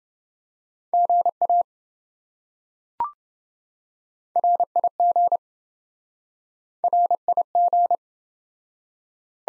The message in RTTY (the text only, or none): none